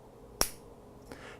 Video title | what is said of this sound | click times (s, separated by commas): Spyderco Manix 2 — Ultralight big blade folding knife | little click locks in the blade | 0.4 s